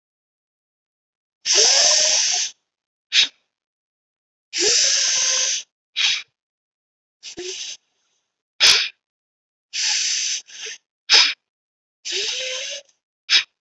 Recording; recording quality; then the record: deep breathing; excellent, no background noise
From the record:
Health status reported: healthy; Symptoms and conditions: none ticked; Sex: male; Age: 35 years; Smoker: not ticked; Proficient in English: yes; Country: India